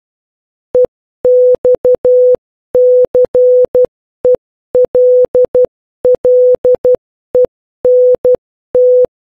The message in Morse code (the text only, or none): EXCELLENT